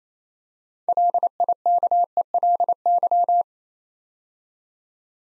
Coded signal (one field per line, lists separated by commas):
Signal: Morse code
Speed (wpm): 29 wpm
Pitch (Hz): 700 Hz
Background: none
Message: LIKELY